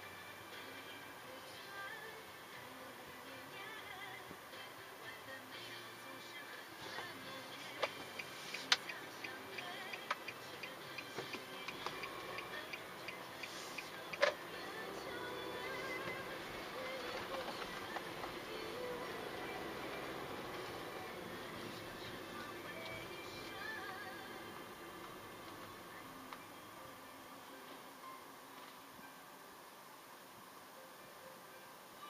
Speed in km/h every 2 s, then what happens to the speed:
1, 1, 1, 1, 0, 2, 5, 9, 17, 20, 17, 16, 14, 11, 6, 3.
0-10 standing. 10-17 pulls away to 20. 17-32 slows to 3.